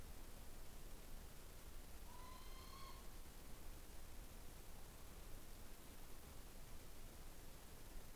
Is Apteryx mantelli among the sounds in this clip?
no